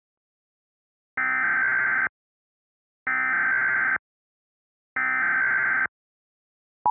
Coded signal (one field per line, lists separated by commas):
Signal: Emergency Alert System (SAME) tones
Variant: header bursts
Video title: [EAS SCENARIO / ANALOG HORROR] - Dark Autumn 2